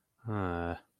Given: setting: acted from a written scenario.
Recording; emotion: vocal sound without words; disappointment